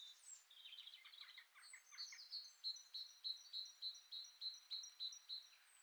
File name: Parus major